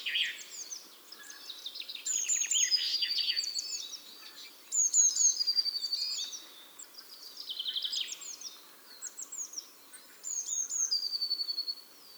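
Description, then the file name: Eurasian blue tit calls: several bursts of high, thin notes and quick trills, with short pauses between them. "Cyanistes caeruleus"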